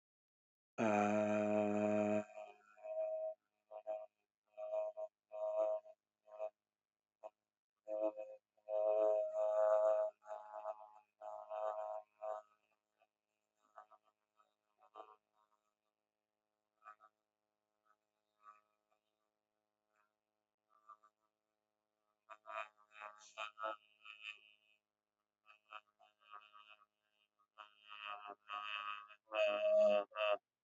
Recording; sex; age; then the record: vowel held as long as possible; male; 30 to 39 years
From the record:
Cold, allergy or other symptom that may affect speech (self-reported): no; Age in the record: 32 years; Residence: Texas, United States